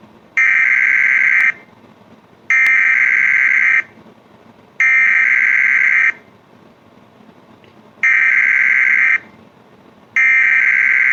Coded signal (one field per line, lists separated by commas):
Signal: Emergency Alert System (SAME) tones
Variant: header bursts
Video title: germany eas alarm BUT BETTER